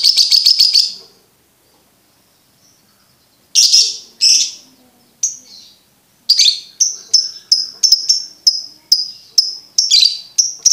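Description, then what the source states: Lovebird song opening with a rapid buzzy trill, then scattered harsh notes and a steady run of high, clipped chirps. Masteran training recording for birds to learn ngekek.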